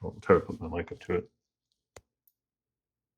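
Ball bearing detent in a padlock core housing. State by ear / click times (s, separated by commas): seated / 2.0 s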